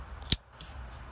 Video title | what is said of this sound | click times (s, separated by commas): 77 f250 nss how it works and adjustment | okay you heard it snap | 0.3 s